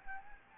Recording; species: mosquito wingbeat signal from an infrared sensor; Anopheles gambiae